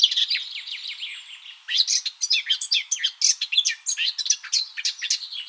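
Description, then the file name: Eurasian blackcap song, quiet jumbled twittering that gives way to louder, quick scratchy notes mixed with clearer whistles. "Sylvia atricapilla"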